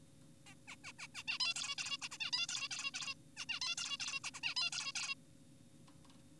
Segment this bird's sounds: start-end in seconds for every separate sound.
0.47-0.55, 0.68-0.76, 0.84-0.92, 0.99-1.08, 1.15-1.23, 1.28-1.38, 1.40-1.54, 1.56-1.76, 1.78-1.97, 2.02-2.08, 2.12-2.18, 2.20-2.31, 2.33-2.47, 2.49-2.69, 2.71-2.91, 2.94-3.14, 3.37-3.46, 3.49-3.60, 3.62-3.75, 3.78-3.97, 4.00-4.20, 4.24-4.30, 4.34-4.40, 4.43-4.54, 4.56-4.70, 4.72-4.92, 4.96-5.15